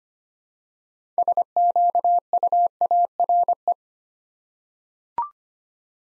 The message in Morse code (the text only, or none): SQUARE